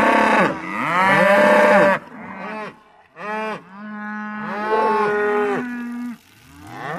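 Cattle mooing, several loud drawn-out moos with short breaks.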